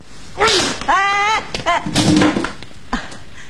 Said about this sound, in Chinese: 大森气坏了，到了单位，冲着小豆就是一拳。